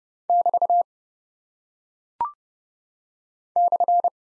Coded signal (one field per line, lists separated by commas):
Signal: Morse code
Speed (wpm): 30 wpm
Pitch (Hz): 700 Hz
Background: none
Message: <BT> /